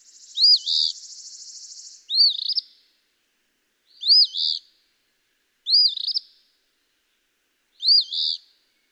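Eastern phoebe singing its raspy two-note phrase five times, the first over a buzzy trill, phrases about two seconds apart.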